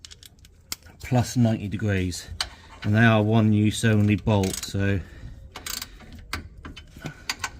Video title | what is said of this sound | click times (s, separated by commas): VW Polo 9N - Ball Joint Replacement (DIY) | just hear that click. | 7.3 s